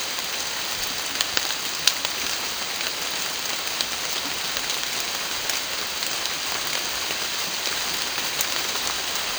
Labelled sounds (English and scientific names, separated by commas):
none